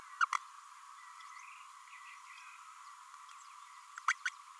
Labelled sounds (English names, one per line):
Green-rumped Parrotlet babbling